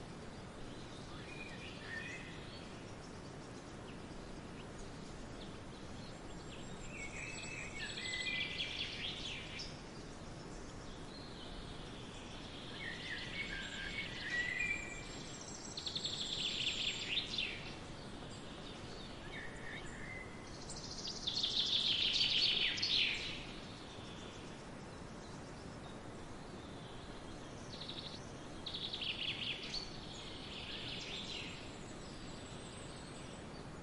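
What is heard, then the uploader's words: Birds call and chirp over a steady low rumble of background noise. Bright bursts of song come every few seconds, clustering around 8, 14, 16, 22 and 29 seconds, with the loudest near 22 seconds. Thin high whistles also drift in now and then. Birds relaxing sounds.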